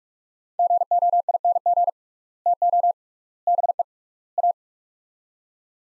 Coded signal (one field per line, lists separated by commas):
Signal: Morse code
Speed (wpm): 46 wpm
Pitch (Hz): 700 Hz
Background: none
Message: GOING TO BE A